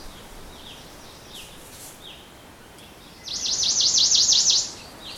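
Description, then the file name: Ijima's leaf warbler song: a fast, high zigzagging trill of repeated up-down notes lasting over a second, preceded by soft thin descending calls, over steady background hiss. Recorded on Nakanoshima on 25 May 2025. "iijimamushikui nakanoshima sekishinichi"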